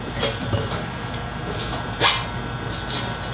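A plastic airlock is being worked into the rubber grommet of a fermenter lid, with soft rubbing and handling noises over a low rumble, a brief louder scrape near 2.1 s, and a sharp sound right at the end at 3.4 s. The airlock is only lined up and struggling to sit, and nothing has seated or clicked yet.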